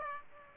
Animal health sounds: mosquito wingbeat signal from an infrared sensor; Aedes aegypti

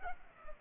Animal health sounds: mosquito wingbeat signal from an infrared sensor; Culex pipiens

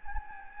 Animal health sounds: mosquito wingbeat signal from an infrared sensor; Anopheles gambiae

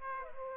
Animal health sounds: mosquito wingbeat signal from an infrared sensor; Aedes aegypti

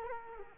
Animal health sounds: mosquito wingbeat signal from an infrared sensor; Culex quinquefasciatus

